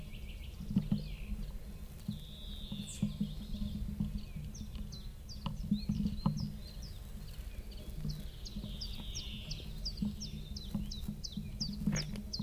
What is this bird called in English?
Common Chiffchaff